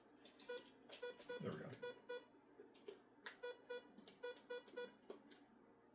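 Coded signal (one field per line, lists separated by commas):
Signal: none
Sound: video game sound effects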